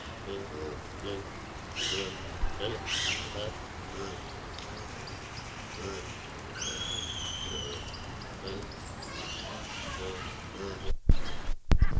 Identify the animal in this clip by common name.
Hamadryas Baboon